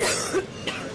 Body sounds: coughing mixed with background sound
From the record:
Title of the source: 34 coughing up crap again

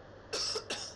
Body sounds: coughing mixed with background sound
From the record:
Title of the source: November cold (wet coughing)

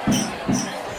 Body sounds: coughing mixed with background sound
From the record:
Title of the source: Spring Cold Coughing 3

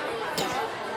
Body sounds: coughing mixed with background sound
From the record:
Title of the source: Wet coughing

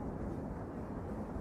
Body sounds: background sound without coughing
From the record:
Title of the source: Train Ride Ambience ambient white noise for sleeping, focus, studying, reading

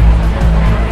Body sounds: background sound without coughing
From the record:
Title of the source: Party Noise 1 Hour Party Ambience

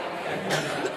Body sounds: coughing mixed with background sound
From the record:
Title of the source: 64 coughing, allergies, singing lungs

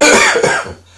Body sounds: coughing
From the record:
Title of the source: Spring Cold Coughing 2

